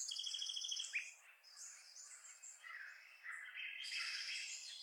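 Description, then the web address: Bird song of bright, varied chirps and twittering phrases, some high and buzzy, others lower and warbled, running almost continuously with several birds seemingly overlapping. "i OS 26 Sounds Birdsong"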